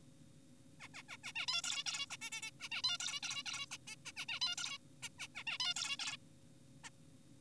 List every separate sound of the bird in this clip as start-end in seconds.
0.80-0.88, 0.94-1.03, 1.09-1.17, 1.24-1.32, 1.36-1.46, 1.48-1.62, 1.64-1.84, 1.86-2.06, 2.10-2.17, 2.22-2.30, 2.32-2.41, 2.42-2.51, 2.60-2.69, 2.72-2.82, 2.84-2.98, 3.00-3.20, 3.23-3.43, 3.46-3.66, 3.71-3.78, 3.88-3.96, 4.06-4.12, 4.17-4.26, 4.29-4.40, 4.42-4.56, 4.58-4.78, 5.03-5.09, 5.19-5.28, 5.35-5.44, 5.47-5.58, 5.60-5.74, 5.76-5.97, 5.99-6.17, 6.84-6.90